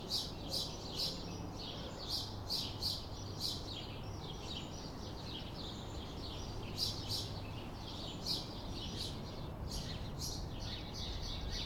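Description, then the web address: Sparrow chirps come in quick repeated clusters throughout, sharp and high, with a constant low hum of traffic underneath. Sparrows on a town street on a calm afternoon, with traffic. "Systematic-Sound - General Ambience Series – Towns Villages 01 AMB TOWN Street Calm Afternoon Sparrows Traffic"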